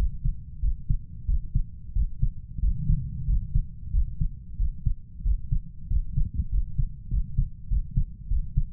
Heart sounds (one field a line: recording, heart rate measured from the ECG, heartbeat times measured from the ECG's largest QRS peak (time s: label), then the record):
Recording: heart sounds by stethoscope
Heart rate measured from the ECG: 94 bpm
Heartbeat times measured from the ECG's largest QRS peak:
0.63 s: heartbeat
1.29 s: heartbeat
1.96 s: heartbeat
2.63 s: heartbeat
3.28 s: heartbeat
3.94 s: heartbeat
4.60 s: heartbeat
5.26 s: heartbeat
5.91 s: heartbeat
6.52 s: heartbeat
7.12 s: heartbeat
7.71 s: heartbeat
8.31 s: heartbeat
From the record:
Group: healthy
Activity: rest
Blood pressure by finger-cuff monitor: 134/76 mmHg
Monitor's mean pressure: 94 mmHg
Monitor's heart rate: 92 bpm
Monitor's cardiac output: 7.7 L/min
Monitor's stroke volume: 84 mL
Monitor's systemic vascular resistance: 890 dyn s/cm5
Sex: male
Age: 21 years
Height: 175 cm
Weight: 72.6 kg